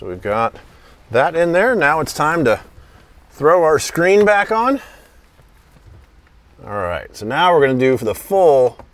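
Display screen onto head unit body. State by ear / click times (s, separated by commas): not seated / none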